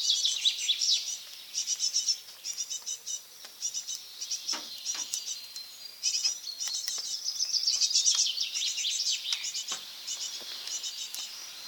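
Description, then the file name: Eurasian blue tit churring calls: dense, buzzy, high-pitched rattling bursts, each under a second, repeated almost continuously with short gaps and scattered clicks. "Cyanistes caeruleus"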